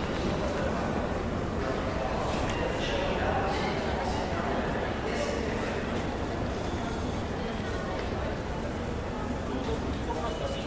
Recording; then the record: background sound without coughing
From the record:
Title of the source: Train Station Sounds Paris